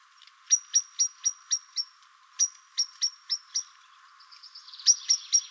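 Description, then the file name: Common blackbird calling in runs of sharp, metallic ticks, about four per second, with a brief pause between runs and a faint twittering near the end. "Turdus merula"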